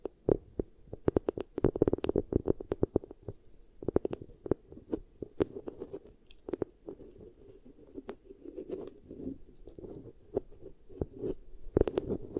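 Beeswax being worked against the ear gives a dense run of sharp crackles, pops and squishy clicks, coming in irregular bursts over a soft muffled rumble. Clusters of snaps gather near two seconds and again near twelve, with quieter, smoother rubbing between.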